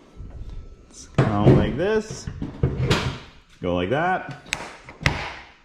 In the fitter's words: and then it's locked into place